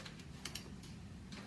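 A click-type torque wrench is pulled on a cylinder head bolt after a first seating pull, with short ticking sounds in quiet. A sharp click at 0.5 s marks the wrench reaching its setting and the bolt torqued, followed by a second click just after and a faint tick near the end.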